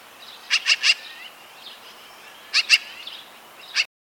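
Magpie giving rasping chatter, a quick triple burst, then a pair of harsh notes, then a single note, over a quiet hissy background.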